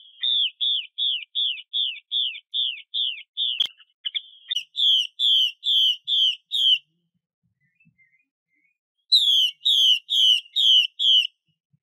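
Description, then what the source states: Chinese hwamei singing a long, steady run of many falling whistles broken by a single click, then after a pause several fuller, harsher whistled notes. Female bird.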